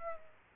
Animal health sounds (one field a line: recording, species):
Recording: mosquito wingbeat signal from an infrared sensor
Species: Aedes aegypti